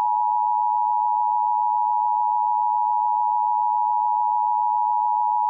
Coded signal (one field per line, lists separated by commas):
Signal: Emergency Alert System (SAME) tones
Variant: 853 and 960 Hz attention tone